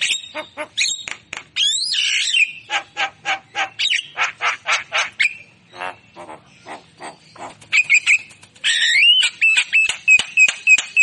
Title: Kicauan Jalak Kebo Gacor Istimewa isian Murai Cucak Ijo Lovebird